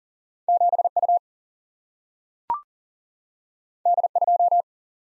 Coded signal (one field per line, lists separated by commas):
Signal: Morse code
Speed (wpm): 39 wpm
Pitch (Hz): 700 Hz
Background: none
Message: 7U D2